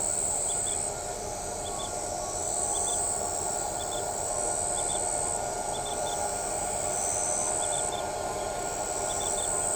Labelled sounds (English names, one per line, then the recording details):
none
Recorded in shrubland near Pivijay, Magdalena, Colombia, on 17 April 2023 at 23:30
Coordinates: 10.453, -74.365
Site P5-G022